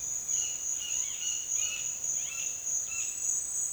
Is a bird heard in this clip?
yes